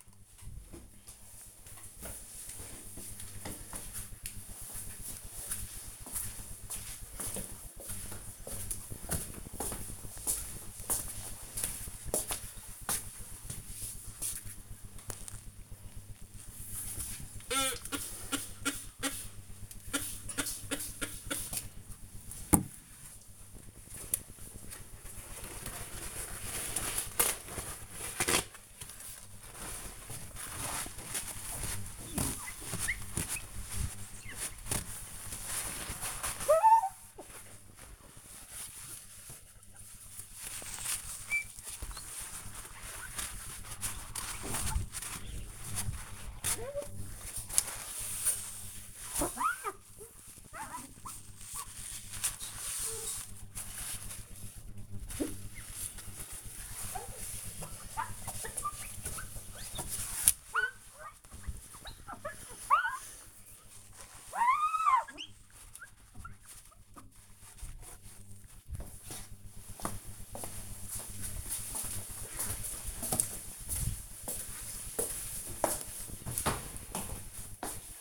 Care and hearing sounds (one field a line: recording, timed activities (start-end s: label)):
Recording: household activities, microphone on the right wrist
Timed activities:
14.14-67.50 s: window cleaning